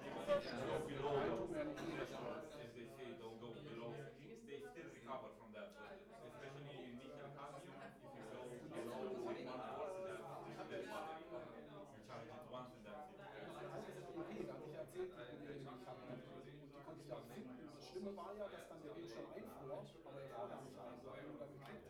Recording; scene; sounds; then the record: everyday scene through a hearing-aid microphone; many people talking; many voices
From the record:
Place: bistro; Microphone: behind the ear, right, rear